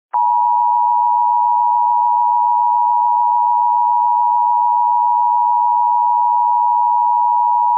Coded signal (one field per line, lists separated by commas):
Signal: Emergency Alert System (SAME) tones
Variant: 853 and 960 Hz attention tone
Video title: EAS Scenario - Airborne Violent Virus Remastered